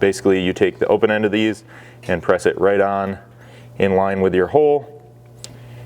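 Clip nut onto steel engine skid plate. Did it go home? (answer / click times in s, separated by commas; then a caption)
no / none. Someone talks while a metal clip nut with a raised threaded end is pressed onto the edge of a steel engine skid plate for a Ford Maverick, lined up with the bolt hole, and a brief sharp tick is heard near 5.4 s. The clip nut has not clicked or seated on the plate yet.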